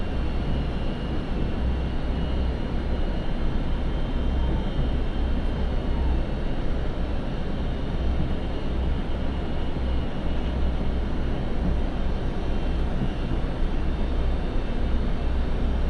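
A steady, dense rumble of a train ride on the Tokushima Line, with a strong low drone and constant rattling texture throughout, unchanging.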